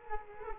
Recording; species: mosquito wingbeat signal from an infrared sensor; Culex quinquefasciatus